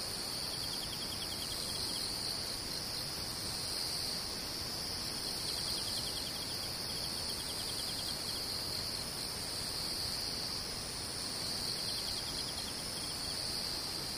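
Insects chirr in a steady, dense high-pitched drone that never pauses, with a faint pulsing trill and a low rumbling hiss underneath.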